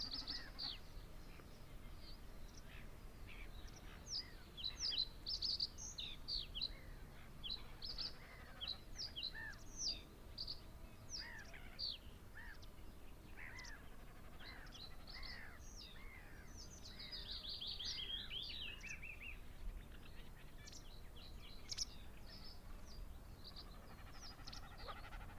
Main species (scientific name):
Gallinago gallinago